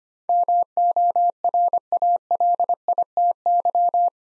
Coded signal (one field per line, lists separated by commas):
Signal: Morse code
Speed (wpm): 25 wpm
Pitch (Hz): 700 Hz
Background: none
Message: MORALITY